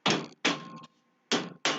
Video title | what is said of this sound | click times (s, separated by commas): Bulletin #45! First Anniversary Episode! Mail Call and Shelf Building! | a little click at the end and gravity does the rest | 1.7 s